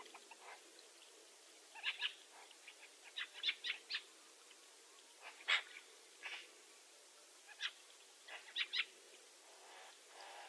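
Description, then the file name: Eurasian magpie giving harsh, scratchy chattering notes in loose bursts, some doubled or tripled, scattered irregularly throughout over a faint steady hiss. "Pica pica"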